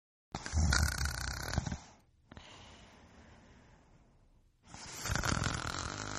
Human sound effects snoring sound effects.